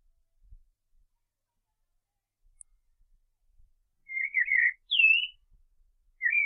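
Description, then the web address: Common blackbird song: after a quiet opening, a short fluted warbling phrase ending in a higher slurred note, then another brief note near the end. "SETE data Turdus merula"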